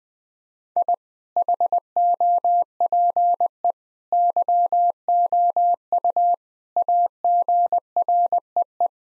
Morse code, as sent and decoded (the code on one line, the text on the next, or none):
.. / .... --- .--. . / -.-- --- ..- / .- --. .-. . .
I HOPE YOU AGREE